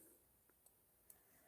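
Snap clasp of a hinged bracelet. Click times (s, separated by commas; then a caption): 1.1 s. The snap clasp on a hinged metal bracelet with a safety chain, in really good condition with a strong hinge, is pressed closed metal on metal. A couple of faint ticks come first around 0.5 and 0.7 seconds, then a sharp, bright click at 1.1 seconds as the clasp snaps shut and seats.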